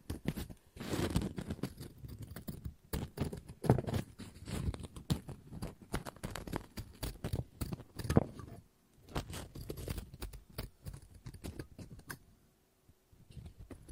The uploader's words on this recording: ASMR Scissors No Talking Snips and Cutting Paper.